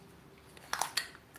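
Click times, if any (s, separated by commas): none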